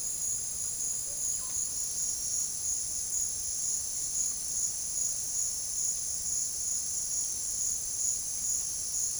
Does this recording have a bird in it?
no